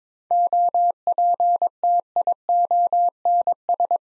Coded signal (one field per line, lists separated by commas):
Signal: Morse code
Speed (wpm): 22 wpm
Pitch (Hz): 700 Hz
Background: none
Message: OPTIONS